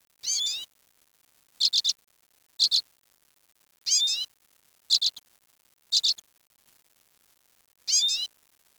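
Bird calls mixing drawn-out, harmonically rich sweeping notes with quick clusters of two or three sharp high chirps, seven bursts in about nine seconds against near silence.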